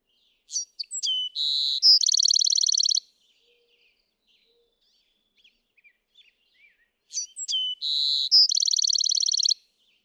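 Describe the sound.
Bewick's wren singing two full songs, each a few sharp high notes, a steady buzzy note and a rapid trill, with a quiet pause between.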